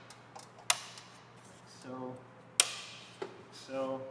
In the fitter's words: then this retaining clip snaps back into place.